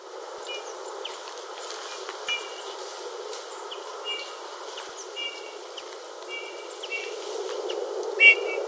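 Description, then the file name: Eurasian bullfinch calls: short, soft piping notes with a faint double-toned quality, repeated irregularly over a steady background hiss, with a slightly louder note near the end. "gimpel"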